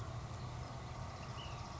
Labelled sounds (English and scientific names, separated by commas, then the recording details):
Ash-throated Flycatcher (Myiarchus cinerascens)
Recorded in Sonoma County, California